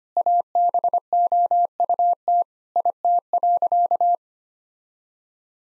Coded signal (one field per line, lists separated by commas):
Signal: Morse code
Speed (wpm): 25 wpm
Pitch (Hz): 700 Hz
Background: none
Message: ABOUT IT.